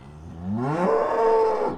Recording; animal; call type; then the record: contact call of a hoofed animal; cattle; low-frequency (closed-mouth) or high-frequency (open-mouth) call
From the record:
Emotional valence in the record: negative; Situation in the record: full separation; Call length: 1.78 s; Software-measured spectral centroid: 1050 Hz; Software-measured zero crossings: 1000 a second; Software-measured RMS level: -23 dBFS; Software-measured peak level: -9 dBFS